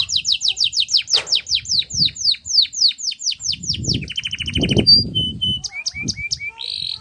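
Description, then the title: Canary song: fast trains of repeated downward-swept whistled notes, then short buzzy trills and clear piping notes, with low background noise underneath. Belgian canary (Kenari AF) warm-up song with long rolling song, used as masteran tutor song so young canaries quickly sing and roll long. "Canto Para Esquentar Canário Belga. Kenari AF gacor panjang bagus untuk masteran, Kenari muda cepat gacor ngerol panjang"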